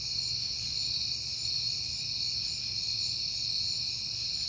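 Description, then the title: Cricket chorus, a bright sustained trill over a soft low rumble. Recorded on a peaceful night in September. "Night Time: Crickets and Passing Cars"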